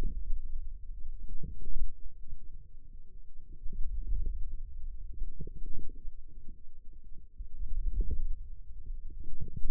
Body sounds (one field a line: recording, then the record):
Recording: forearm muscle sounds (acoustic myography)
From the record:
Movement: wrist flexion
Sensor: system 2, bracelet of six BSWA MPA416 microphones around the upper forearm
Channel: 2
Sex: female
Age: 21 years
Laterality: right